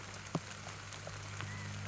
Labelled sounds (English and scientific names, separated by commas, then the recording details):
California Quail (Callipepla californica)
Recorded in Sonoma County, California